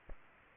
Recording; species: mosquito wingbeat signal from an infrared sensor; Aedes aegypti